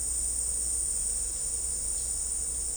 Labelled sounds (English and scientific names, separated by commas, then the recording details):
none
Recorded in dense forest near Puerto Asís, Putumayo, Colombia, on 16 December 2024 at 15:00
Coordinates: 0.499, -76.324
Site G045